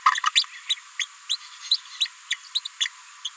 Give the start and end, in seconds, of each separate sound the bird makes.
0.14-0.18, 0.26-0.30, 0.35-0.43, 0.69-0.75, 0.99-1.05, 1.29-1.36, 2.00-2.06, 2.31-2.34, 2.55-2.60, 2.65-2.68, 2.80-2.85, 3.25-3.29